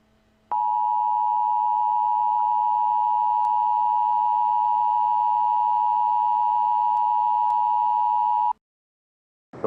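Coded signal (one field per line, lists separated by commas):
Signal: Emergency Alert System (SAME) tones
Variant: 853 and 960 Hz attention tone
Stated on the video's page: Fictional EAS scenario made for entertainment, not a real event.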